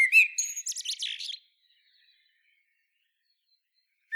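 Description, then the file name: Common blackbird singing one short phrase, a low fluted note followed by a high squeaky twittering flourish, then about three seconds of silence. "Turdus merula"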